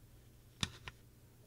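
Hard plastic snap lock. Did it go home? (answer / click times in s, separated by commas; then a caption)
yes / 0.6 s, 0.9 s. The two halves of a refillable plastic filament master spool are screwed together until tight, and a further turn snaps them so they lock into place for a more secure hold. Against a low, steady hum, a sharp bright click sounds at 0.6 s, followed by a softer second click at 0.9 s. The halves are seated and locked together.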